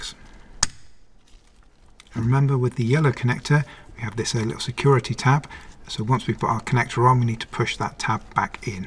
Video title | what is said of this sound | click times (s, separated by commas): How to Replace Clock Spring (Squib) - Audi Q7 (4L 2005-2015) - COMPLETE DIY GUIDE | push that in until it clicks | 0.6 s